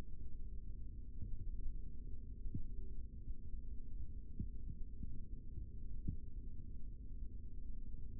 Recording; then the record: forearm muscle sounds (acoustic myography)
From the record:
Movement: rest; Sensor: system 3, bracelet of six PUI Audio POM-2738L microphones around the upper forearm, with dedicated amplification and filtering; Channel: 6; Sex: male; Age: 25 years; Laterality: right